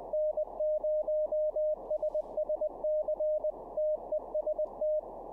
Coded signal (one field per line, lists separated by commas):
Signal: Morse code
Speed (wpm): 20 wpm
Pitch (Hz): 610 Hz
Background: none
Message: N0SSC TEST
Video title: How To Learn Morse Code LIVE with N0SSC (Day 25)